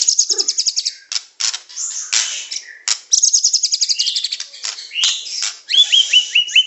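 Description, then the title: Oriental magpie-robin song: rapid high repeated chattering notes, clicks and trills, ending in a quick series of short downslurred whistles. "Kicau Kacer"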